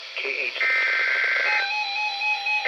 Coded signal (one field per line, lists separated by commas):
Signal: Emergency Alert System (SAME) tones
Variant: header bursts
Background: speech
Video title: TORNADO DRILLS... EAS Alerts from 3/5/19 - 3/27/19 (EAS #2,084 - 2,111)